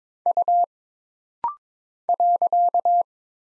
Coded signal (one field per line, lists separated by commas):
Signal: Morse code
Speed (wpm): 22 wpm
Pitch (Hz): 700 Hz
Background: none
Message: U .